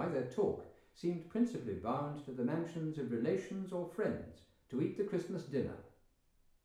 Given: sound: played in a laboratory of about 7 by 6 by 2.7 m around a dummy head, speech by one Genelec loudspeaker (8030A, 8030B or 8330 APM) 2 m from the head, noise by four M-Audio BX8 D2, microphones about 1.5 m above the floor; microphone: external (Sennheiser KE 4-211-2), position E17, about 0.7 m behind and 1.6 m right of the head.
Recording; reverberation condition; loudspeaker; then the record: male speech in English; medium; 150 degrees to the right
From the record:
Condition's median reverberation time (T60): about 510 ms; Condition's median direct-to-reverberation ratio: about -0.5 dB